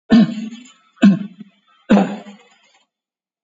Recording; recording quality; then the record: heavy voluntary cough; excellent, no background noise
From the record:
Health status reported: COVID-19 positive, mild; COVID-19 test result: positive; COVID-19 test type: RT-PCR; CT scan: taken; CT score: 7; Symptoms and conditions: cough, cold, breathing difficulty, hypertension, diabetes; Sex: male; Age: 68 years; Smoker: no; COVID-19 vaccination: one dose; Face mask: worn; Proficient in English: yes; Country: India